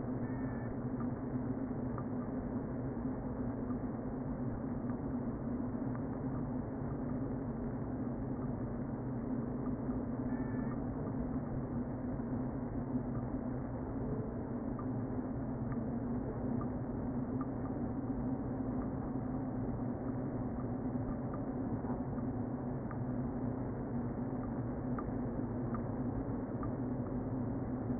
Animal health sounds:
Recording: honeybee colony, microphone inside the hive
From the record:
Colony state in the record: queen present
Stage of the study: before two queens were removed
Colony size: about 60,000 bees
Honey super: yes

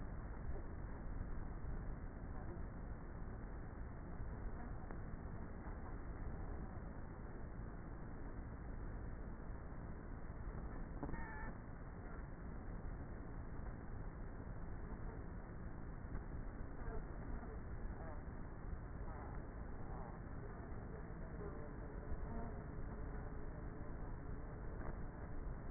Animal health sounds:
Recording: honeybee colony, microphone inside the hive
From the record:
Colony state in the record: queenless with a low population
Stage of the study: before two queens were removed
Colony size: about 30,000 bees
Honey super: no

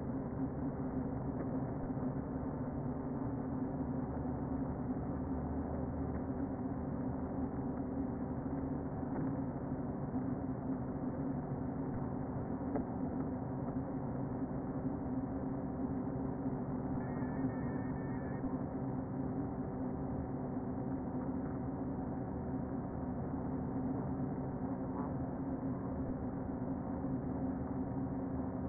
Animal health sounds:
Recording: honeybee colony, microphone inside the hive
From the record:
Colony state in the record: queen present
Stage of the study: before two queens were removed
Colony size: about 60,000 bees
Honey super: yes

